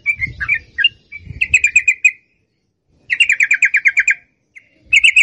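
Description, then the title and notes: Yellow-vented bulbul song: short phrases of quick, chirpy, bubbly notes in separate bursts, with some low thumping noise early on. Long rapid song style (ropel panjang) used for training songbirds. "Masteran Trucukan Ropel Panjang. Kicau Burung Trucukan"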